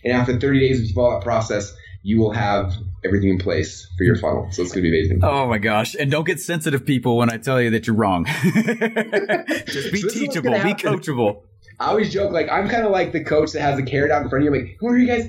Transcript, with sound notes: And after 30 days of that process you will have everything in place for your funnel. So, it's gonna be amazing.
Oh, my gosh! And don't get sensitive people when I tell you that you're wrong. (laughing) Just be teachable. Be coachable.
I always joke that I'm kind of the coach that has a carrot in front of you, like, "Come over here, guys.